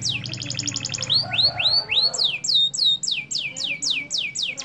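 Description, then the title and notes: Atlantic canary song: a quick rattling trill followed by loud, slurred swooping notes repeated about three per second, with low background noise. Canary used as a master bird for song tutoring. "Suara Burung Kenari Masteran. master suara burung kenari"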